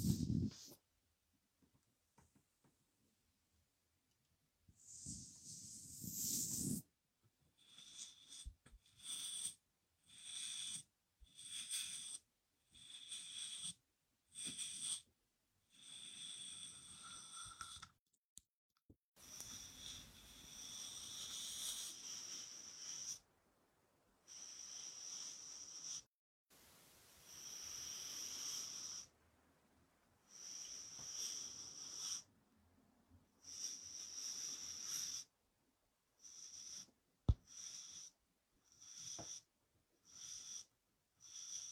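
Soft stroking swishes repeat every second or two, separated by brief silences, with a few longer, fuller strokes around the middle.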